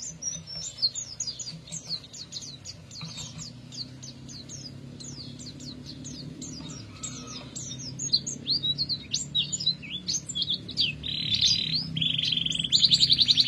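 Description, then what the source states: Canary song, a dense chattering series of high chirps and twitters that ends in buzzy trilled notes, with a low hum underneath. Therapy recording for a canary that has stopped singing; F1 canary.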